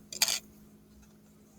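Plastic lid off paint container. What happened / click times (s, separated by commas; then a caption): The plastic lid popped open / 0.1 s, 0.2 s. A plastic lid is popped off a black paint container, opening it. A sharp click comes at 0.1 s and a louder snap at 0.2 s, followed by a brief rustle and then quiet room tone. The lid is released and the container is open.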